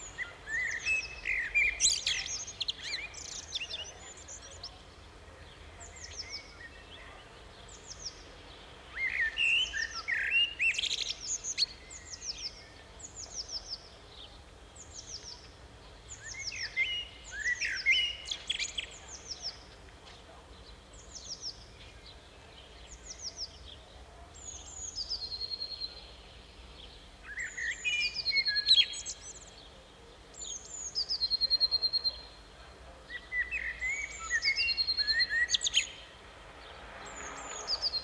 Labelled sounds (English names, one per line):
Common Blackbird song